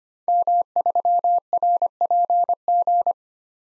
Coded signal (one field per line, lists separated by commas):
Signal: Morse code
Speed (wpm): 25 wpm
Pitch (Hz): 700 Hz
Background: none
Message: M3RPG